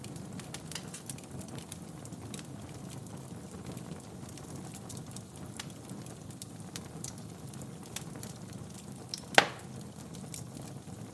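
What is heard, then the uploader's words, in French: A fireplace fire crackles softly over a low, steady rumble. Small sharp pops and ticks scatter irregularly throughout, mostly quiet, with one louder snap near the nine-second mark. The background hiss stays even from start to finish. Feu de cheminée qui crépite (bruit blanc). Le doux crépitement du feu de cheminée.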